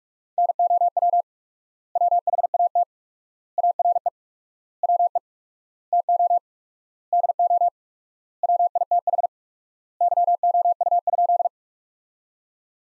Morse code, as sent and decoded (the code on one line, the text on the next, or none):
-. --- .-- / .-- .... .- - / .- .-. . / .-- . / - --- / -.. --- / .-- .. - .... / -.-- --- ..- ..--..
NOW WHAT ARE WE TO DO WITH YOU?